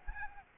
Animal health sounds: mosquito wingbeat signal from an infrared sensor; Aedes albopictus

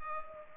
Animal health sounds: mosquito wingbeat signal from an infrared sensor; Culex pipiens

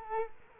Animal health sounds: mosquito wingbeat signal from an infrared sensor; Culex quinquefasciatus

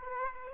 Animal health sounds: mosquito wingbeat signal from an infrared sensor; Aedes aegypti

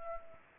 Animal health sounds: mosquito wingbeat signal from an infrared sensor; Anopheles gambiae

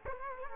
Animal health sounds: mosquito wingbeat signal from an infrared sensor; Culex quinquefasciatus

